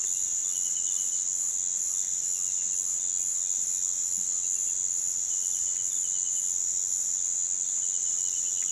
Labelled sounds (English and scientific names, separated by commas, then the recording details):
none
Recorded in pastures near Puerto Asís, Putumayo, Colombia, on 30 June 2025 at 05:30
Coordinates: 0.486, -76.323
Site H29